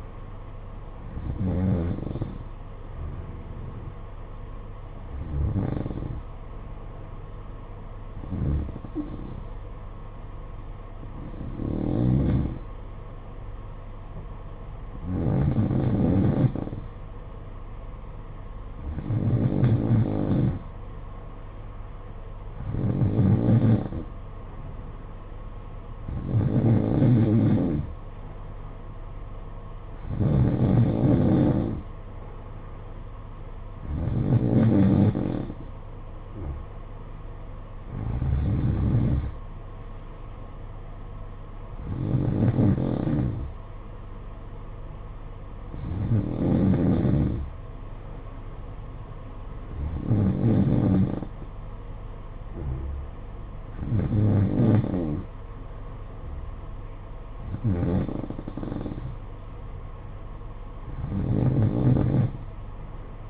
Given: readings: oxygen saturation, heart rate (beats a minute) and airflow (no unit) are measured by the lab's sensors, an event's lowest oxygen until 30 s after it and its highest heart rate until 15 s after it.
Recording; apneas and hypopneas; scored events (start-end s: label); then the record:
breathing in sleep by a smartphone at the bedside; none
none scored
From the record:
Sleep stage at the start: N2 (light sleep); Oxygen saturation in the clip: 92 to 93%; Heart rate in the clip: 51 to 58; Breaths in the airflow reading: 17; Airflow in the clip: -9.9 to 7.2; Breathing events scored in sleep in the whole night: 476 in 9.7 hours asleep